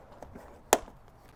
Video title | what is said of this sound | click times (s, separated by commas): How to turn off (and KEEP off) the automatic wipers in a Tesla Model 3 | make sure all of these clips are just snapped back in | 0.7 s